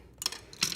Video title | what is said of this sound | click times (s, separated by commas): FA20 & FB Engine Fatal Flaw and How To Fix It (Long Version w/ Instructions) | Now you'll hear a click, like so. | 0.3 s, 0.6 s